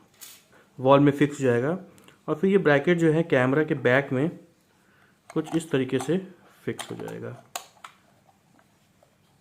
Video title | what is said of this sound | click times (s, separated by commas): Mi 360 Home Security Camera II Unboxing and Review II #securitycamera | ऐसे करके ये lock हो गया। | 7.6 s